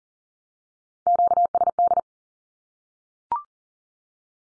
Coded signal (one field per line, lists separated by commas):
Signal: Morse code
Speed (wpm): 40 wpm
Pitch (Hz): 700 Hz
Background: none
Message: QSD